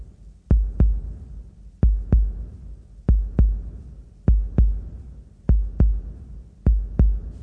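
A slow, steady adult heartbeat: paired lub-dub thumps, low and deep, about 50 beats a minute.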